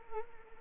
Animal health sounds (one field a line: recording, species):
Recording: mosquito wingbeat signal from an infrared sensor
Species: Anopheles arabiensis